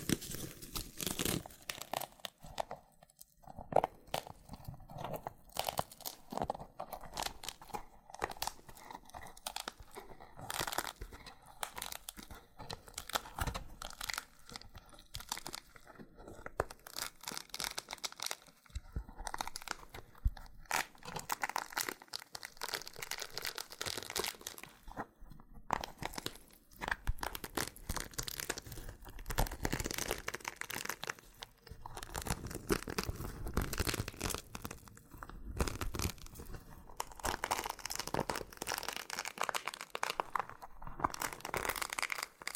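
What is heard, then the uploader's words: Dry scratching and crinkling from handling a loofah, with rapid bursts of peeling and small crackling pops. The texture is dense and uneven throughout, with brief quiet gaps around three, nineteen and twenty-five seconds. ASMR Oddly Satisfying Loofah Triggers with Intense Peeling & Popping Sounds (No Talking).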